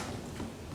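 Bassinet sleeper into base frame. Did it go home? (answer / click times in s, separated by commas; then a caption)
no / none. A Halo BassiNest Luxe Series bassinet sleeper is handled over its base frame, with a steady low rustling and handling noise and no sharp transients. Nothing has seated or clicked yet; the sleeper is not yet snapped in, and its red indicator is meant to stay hidden only once it is fully seated.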